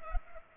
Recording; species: mosquito wingbeat signal from an infrared sensor; Culex pipiens